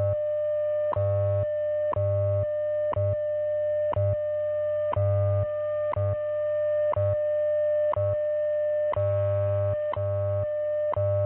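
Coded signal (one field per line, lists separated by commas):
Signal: radio time signal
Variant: WWV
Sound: steady mid-pitched tone with a sharp tick every second and low hum bursts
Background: radio static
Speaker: At the tone, 16 hours, 1 minute, Coordinated Universal Time.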